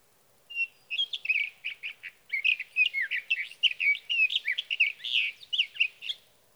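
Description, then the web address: Sage thrasher singing a long, rapid warble of repeated chirpy phrases, many short notes run together with only brief gaps, quiet background. "birdsongforthecurious Sage Thrasher"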